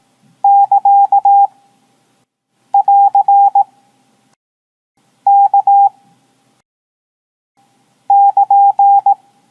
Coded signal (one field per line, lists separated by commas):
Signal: Morse code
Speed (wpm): 18 wpm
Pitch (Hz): 800 Hz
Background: none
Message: <KA> <AR> K <KN>